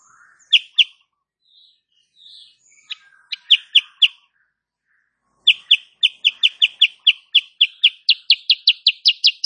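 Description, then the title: Sooty-headed bulbul song: scattered bright notes, then a long, fast string of sharp repeated chips. Female sooty-headed bulbul, cage bird singing actively (gacor) in the tight rapid 'nembak rapat' style, used as a master recording for training cage birds. "Masteran Kutilang Sutra. Kutilang SUTRA BETINA GACOR nembak RAPAT"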